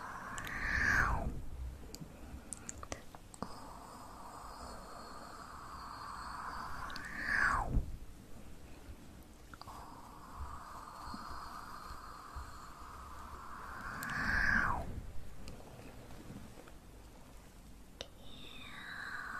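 Slow ear massage strokes with soft rubbing and brushing sounds that rise and fall in long sweeps. Louder swishes come about every seven seconds, near 1, 7.5 and 14.5 seconds, with a quieter steady hush and faint tapping between them.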